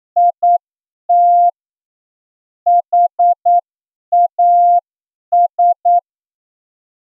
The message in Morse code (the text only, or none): IT HAS